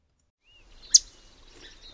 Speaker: The yellow warbler call is a sharp chit.